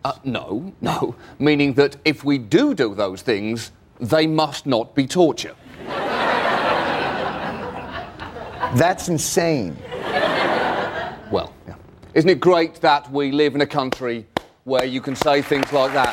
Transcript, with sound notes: Ah, no, no. Meaning, that if we do do those things, they must not be torture. (Soundbite of laughter) That's insane. Well, isn't it great that we live in a country where you can say things like that?